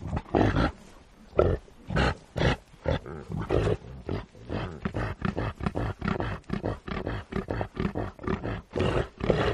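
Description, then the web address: Reindeer grunts, a quick staccato series of hoarse, low pulses, some louder and broader, almost continuous throughout. "el sonido del grunido de los renos"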